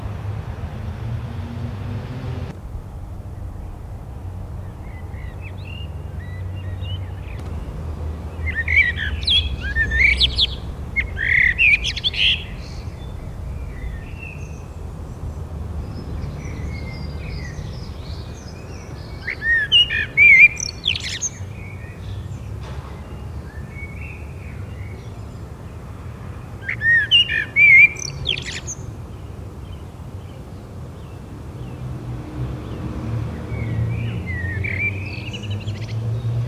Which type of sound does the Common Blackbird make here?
song